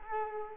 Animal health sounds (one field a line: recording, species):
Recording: mosquito wingbeat signal from an infrared sensor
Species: Culex quinquefasciatus